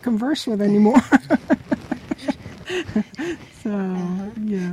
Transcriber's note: both laugh